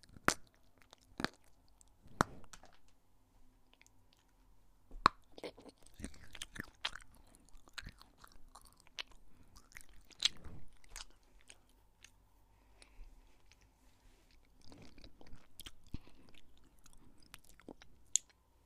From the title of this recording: crisps, chocolate, Bruch pop-it